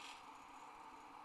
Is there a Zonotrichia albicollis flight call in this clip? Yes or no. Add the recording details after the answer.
no. No flight call is heard. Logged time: 04:00 on 30 November 2014